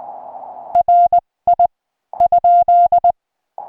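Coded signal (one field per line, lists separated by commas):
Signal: Morse code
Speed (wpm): 20 wpm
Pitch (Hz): 2800 Hz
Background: music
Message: RI ?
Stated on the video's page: Morse from a park activation of Santa Rosa-San Jacinto National Monument (K-4546), restored recording.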